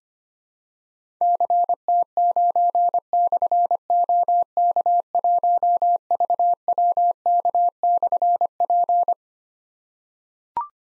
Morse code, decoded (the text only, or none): CT9/OK1VWK/P